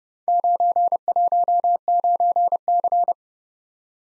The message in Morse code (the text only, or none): 919C